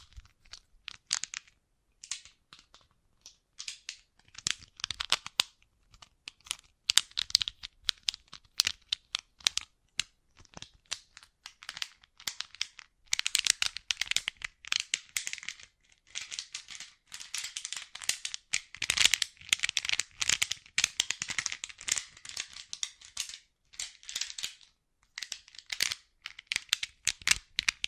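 Bracelets and jewelry boxes are handled up close in a small, quiet room, giving dense bursts of bright clicking, rustling and crinkling. The sound comes in irregular clusters of sharp ticks and scrapes, busiest between about 13 and 25 seconds, with brief silent gaps.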